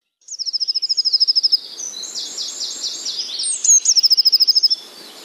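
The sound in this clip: Eurasian blue tit song with two bright, rapid high trills, one at the start and one near the end, separated by softer varied chirps.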